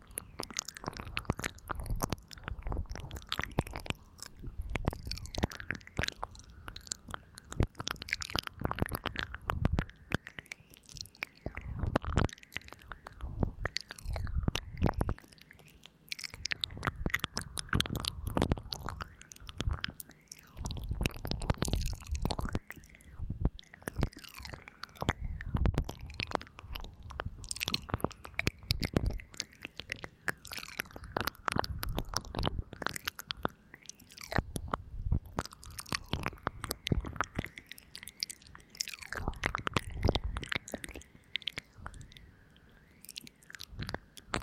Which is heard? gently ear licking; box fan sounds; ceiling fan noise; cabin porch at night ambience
gently ear licking